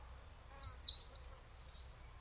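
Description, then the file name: European robin giving thin, high whistled notes, a long sliding whistle followed by a shorter level one after a brief pause, over quiet background. "Erithacus rubecula"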